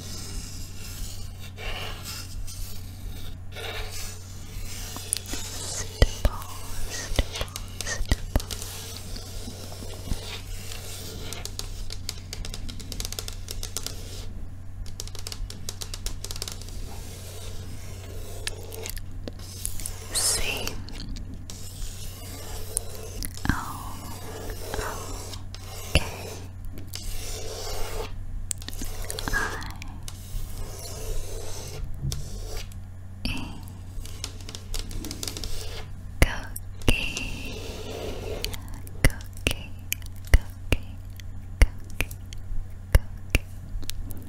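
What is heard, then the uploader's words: Tapping and scratching on a pink table, with dry rasping scrapes and rubs running through the whole 44 seconds. Sharp taps land irregularly, a few seconds apart, growing more frequent near the end. A steady low hum sits underneath throughout. ASMR INVISIBLE TRIGGER WORDS TAPPING & SCRATCHING PINK TABLE.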